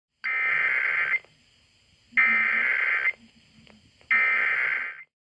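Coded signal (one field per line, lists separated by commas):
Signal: Emergency Alert System (SAME) tones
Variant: header bursts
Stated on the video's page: Arkansas Required Monthly Test originated on AETN and relayed on all Arkansas radio and TV stations.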